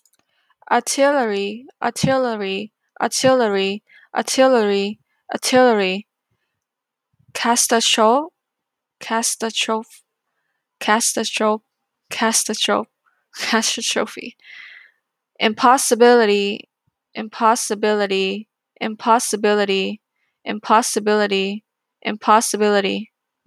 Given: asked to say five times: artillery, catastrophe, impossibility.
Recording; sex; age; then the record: three words, each repeated; female; 20 to 29 years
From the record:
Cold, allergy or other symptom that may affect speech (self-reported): no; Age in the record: 20 years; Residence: South Carolina, United States